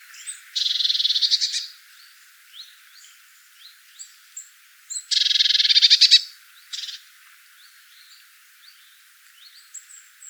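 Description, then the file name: Eurasian blue tit giving two loud, rapid rattling churrs, each lasting about a second, with faint high chirps between and after them. "Cyanistes caeruleus"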